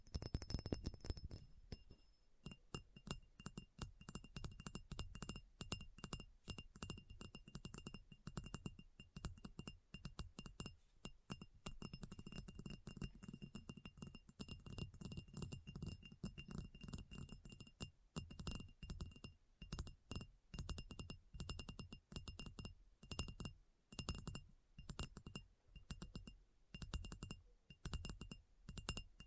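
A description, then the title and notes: ASMR tapping runs as a dense, fast stream of crisp taps and clicks that continues without pause for the whole clip, with a glassy, clinking edge. A thin steady high tone lingers underneath, and the taps thin out slightly toward the end. ASMR Addictive Tapping.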